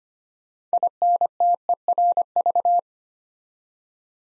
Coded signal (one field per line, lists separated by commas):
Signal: Morse code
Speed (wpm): 25 wpm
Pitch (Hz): 700 Hz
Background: none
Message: INTERV